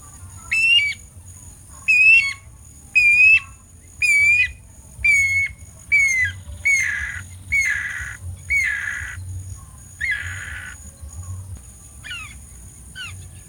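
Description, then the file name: Guira cuckoo giving a steady run of piercing, downslurred whistles roughly every second, becoming harsher and broader toward the end. "ANU BRANCO"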